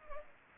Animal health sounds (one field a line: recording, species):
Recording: mosquito wingbeat signal from an infrared sensor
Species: Culex pipiens